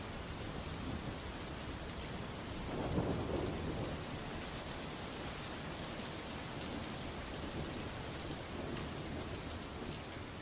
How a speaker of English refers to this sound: You strained your eyes further in the lashing rain, attempting to make clear what you couldn't make sense of.